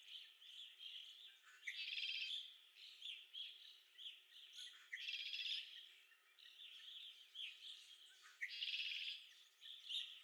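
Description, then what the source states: Red-winged blackbird song: a low note sliding into a harsh buzzy trill, given three times about every three seconds, amid constant chirping of other birds. Recorded at Okalees on 5 May 2021.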